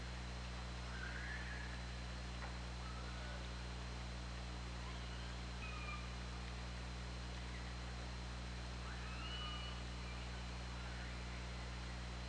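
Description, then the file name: Orca calls: several faint tonal sweeps, some rising and some falling, scattered throughout over steady low underwater hum and hiss. OrcaLab hydrophone recording made underwater on 24 August 2017, around 20:50. "Orca Lab 20170824 205000"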